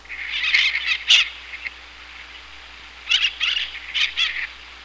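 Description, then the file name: Bird calls: harsh, buzzy bursts in two groups, several quick rasping notes near the start and again after a short pause. "SABIOD 50 bird 2015"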